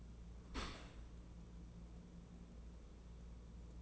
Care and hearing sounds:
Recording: daily activity, microphone in the room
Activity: open dishwasher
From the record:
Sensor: 1

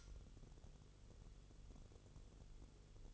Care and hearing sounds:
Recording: daily activity, microphone in the room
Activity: light on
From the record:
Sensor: 4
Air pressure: 1008.7 hPa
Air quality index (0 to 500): 98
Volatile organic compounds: 1 ppm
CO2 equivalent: 735 ppm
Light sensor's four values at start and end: 11/26/10/9 and 12/28/11/10

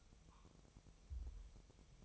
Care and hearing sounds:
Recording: daily activity, microphone in the room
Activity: take from stove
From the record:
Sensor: 1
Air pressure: 999.4 hPa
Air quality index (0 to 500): 203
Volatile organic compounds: 44 ppm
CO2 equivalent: 3212 ppm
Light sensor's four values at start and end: 9/22/8/9 and 9/21/8/9

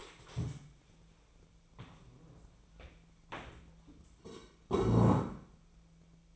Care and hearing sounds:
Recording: daily activity, microphone in the room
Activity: stand up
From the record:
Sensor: 1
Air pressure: 1000.4 hPa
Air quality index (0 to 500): 178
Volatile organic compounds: 4 ppm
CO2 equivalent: 1652 ppm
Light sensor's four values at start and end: 12/29/12/14 and 12/29/12/14

